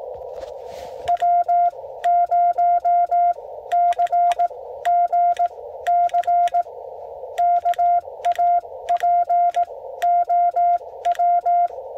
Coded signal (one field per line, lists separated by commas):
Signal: Morse code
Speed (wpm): 18 wpm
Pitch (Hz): 700 Hz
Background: none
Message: W0CGC KA POW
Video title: Quick QRP CW Parks on the Air with @ae4xo and KQ4GEC Shenanigans